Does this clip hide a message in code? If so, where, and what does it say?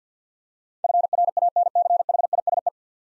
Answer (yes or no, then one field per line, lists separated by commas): yes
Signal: Morse code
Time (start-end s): 0.8-2.7 s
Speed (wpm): 50 wpm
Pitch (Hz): 700 Hz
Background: none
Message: FRANCHISE